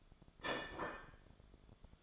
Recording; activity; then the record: daily activity, microphone in the room; place plate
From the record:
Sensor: 5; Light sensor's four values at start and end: 17/40/16/15 and 17/40/16/15